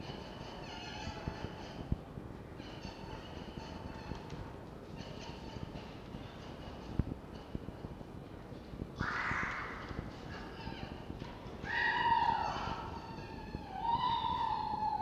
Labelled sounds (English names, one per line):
Red Fox